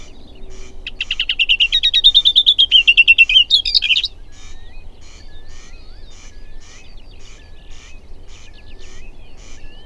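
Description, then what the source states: Booted warbler starts with a rapid, buzzy trill-like phrase lasting about three seconds, then falls to soft, regularly repeated ticks and short notes. Recorded June 2007.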